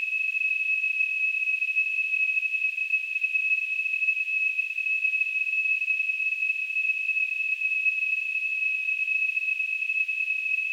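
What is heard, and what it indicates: Simulated tinnitus: a steady, high-pitched ringing tone near 2.7 kHz with a faint surrounding hiss, unchanging for the whole clip.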